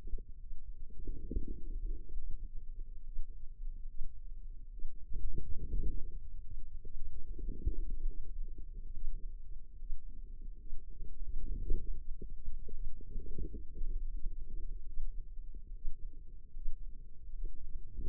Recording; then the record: forearm muscle sounds (acoustic myography)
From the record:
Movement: wrist flexion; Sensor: system 2, bracelet of six BSWA MPA416 microphones around the upper forearm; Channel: 2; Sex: female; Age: 25 years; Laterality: right